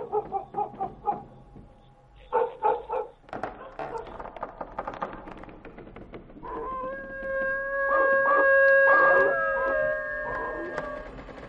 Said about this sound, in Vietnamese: Con chó nhà hàng xóm bấy giờ cứ chĩa sang bên này mà chu lên rồi cắn ông ầm.